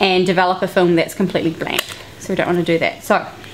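Someone talks while handling the hinged back door of a 35mm film camera, which is about to be closed over the loaded film and pressed into the camera body latch. Only speech is heard, with no sharp sounds. The back door has not clicked shut or seated yet.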